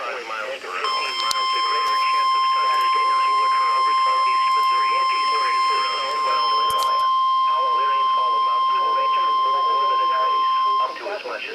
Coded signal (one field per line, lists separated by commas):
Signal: Emergency Alert System (SAME) tones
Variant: 1050 Hz attention tone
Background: speech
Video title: NOAA Weather Radio EAS #66: Severe T-Storm Warning